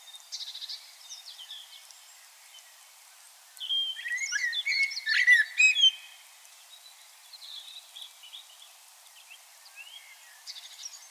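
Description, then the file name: Common blackbird delivering one dense phrase of mixed whistles and twitters after a quiet stretch, with faint high notes at the start and end. "Turdus merula"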